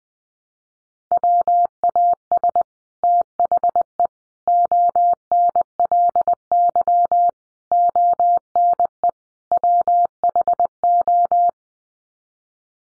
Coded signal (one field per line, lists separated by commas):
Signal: Morse code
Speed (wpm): 20 wpm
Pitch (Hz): 700 Hz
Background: none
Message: WAS THE ONLY ONE WHO